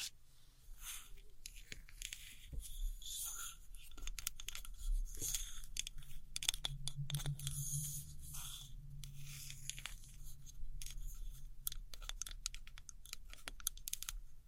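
Dry scratchy tapping and tracing on old postcards, a dense run of crisp clicks and scrapes over a soft low hum that swells midway.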